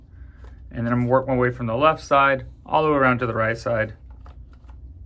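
Top forehead foam is pressed by hand into a plastic goggle frame, worked from the left side around to the right, while someone talks through most of the clip. A few faint handling ticks follow the speech near 4.3, 4.5 and 4.7 seconds, but the foam has not clicked or seated into the frame yet.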